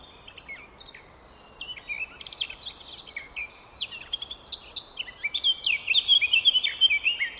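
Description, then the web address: Eurasian blackcap song: rapid, tumbling warbled phrases that swell in volume over the last few seconds. "SETE data Sylvia atricapilla"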